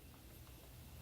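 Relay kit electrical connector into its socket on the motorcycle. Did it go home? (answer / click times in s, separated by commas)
no / none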